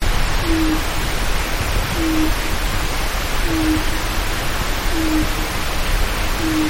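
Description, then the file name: Japanese night heron giving deep, hollow hoots, one low note roughly every one and a half seconds, over a steady hiss. "mizogoi"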